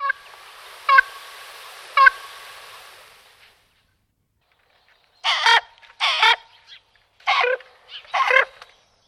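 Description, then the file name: Common raven giving harsh calls: two short, sharp notes early on, then after a pause several hoarse, rasping croaks in a quick, uneven series. "krkavec-velký"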